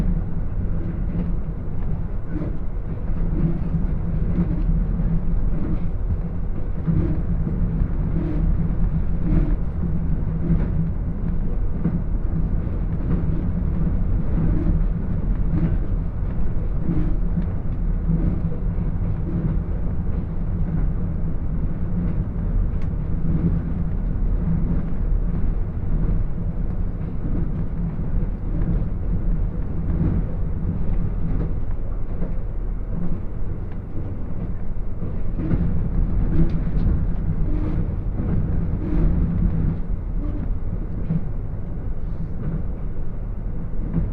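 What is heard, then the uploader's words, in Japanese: Limited express Hida No. 14 on the Takayama Line, running from Toyama toward Inotani, heard as a steady low rumble of the train in motion. A constant hum sits beneath faint clattering and rattling, with slightly louder, busier stretches around 10 and 36 seconds. 高山本線特急ひだ14号 富山→猪谷。乗車したのは当時まだキハ85系のグリーン車。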